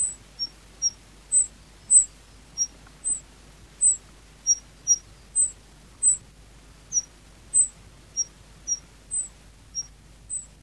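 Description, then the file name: Meadow bunting calls: short, thin, very high notes at two alternating pitches, repeated in a long series. Recorded 10 May 1991. "10 05 91 Ecioides IIIb"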